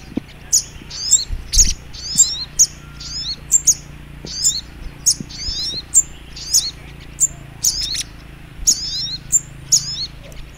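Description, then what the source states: Little Spiderhunter calling in sharp, very high chirps mixed with quick downslurred squeaks, in repeated bursts over a soft low background hum. Masteran training recording for teaching songbirds; labelled Labaik.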